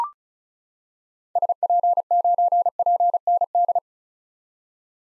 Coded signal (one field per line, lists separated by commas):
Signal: Morse code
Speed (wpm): 36 wpm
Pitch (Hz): 700 Hz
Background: none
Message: SP9PND